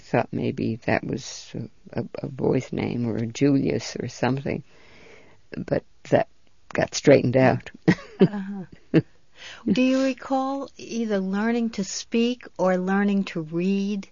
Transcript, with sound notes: They thought maybe that was a boy's name, or Julius or something. But that got straightened out. ( she laughs )
Do you recall either learning to speak or learning to read